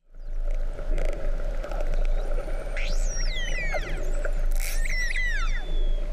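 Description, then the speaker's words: Long-finned pilot whale whistles: after a quiet start, several descending, swooping whistles overlap from the third second, with bursts of clicks and a steady low underwater hum. Mediterranean pilot whale, played to listeners as an example. "Avez-vous déjà entendu le son d'un globicéphale de Méditerranée"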